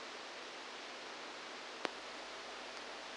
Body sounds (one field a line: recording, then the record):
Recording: brain microelectrode recording played as sound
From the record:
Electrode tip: outside the subthalamic nucleus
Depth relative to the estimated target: -4 mm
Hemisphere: left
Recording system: NeuroSet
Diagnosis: Parkinson's disease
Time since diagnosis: 10 years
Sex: male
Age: 63 years